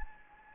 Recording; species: mosquito wingbeat signal from an infrared sensor; Anopheles gambiae